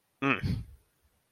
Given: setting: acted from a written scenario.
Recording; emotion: vocal sound without words; contempt